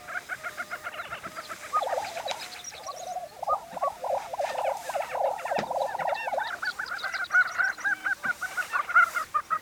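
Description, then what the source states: Lesser prairie chickens giving a busy chorus of bubbling, gobbling notes and rapid cackles, with thin high squeals toward the end. Recorded 20 April 2013.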